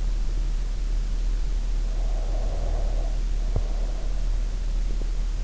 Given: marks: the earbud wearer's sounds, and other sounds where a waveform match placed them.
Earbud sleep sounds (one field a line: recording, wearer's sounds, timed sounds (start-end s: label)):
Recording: sounds in sleep by an in-ear microphone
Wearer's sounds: breath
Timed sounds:
1.88-4.42 s: breath